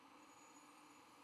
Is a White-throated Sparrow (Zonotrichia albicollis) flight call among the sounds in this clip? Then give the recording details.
no. No flight call is heard. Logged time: 03:38 on 12 November 2014